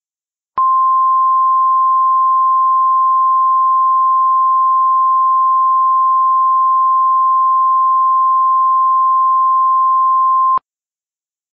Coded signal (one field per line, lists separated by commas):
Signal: Emergency Alert System (SAME) tones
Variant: 1050 Hz attention tone